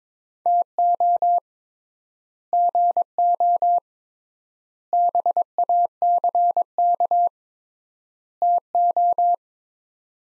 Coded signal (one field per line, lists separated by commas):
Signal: Morse code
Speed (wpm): 21 wpm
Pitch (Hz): 700 Hz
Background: none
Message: TO GO BACK TO